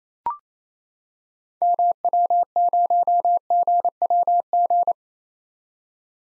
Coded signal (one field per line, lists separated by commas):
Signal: Morse code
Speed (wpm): 28 wpm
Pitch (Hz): 700 Hz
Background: none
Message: MW0GWG